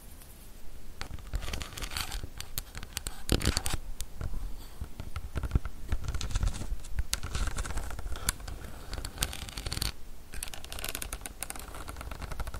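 Tapping, scratching and brushing on a camera lens fill the whole stretch in dense, uneven strokes. Sharp ticks and scrapes come several times a second, with brighter bursts near 3, 6, 8 and 10 seconds over a soft rustling bed.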